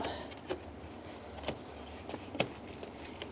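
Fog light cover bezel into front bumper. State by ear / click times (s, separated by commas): not seated / none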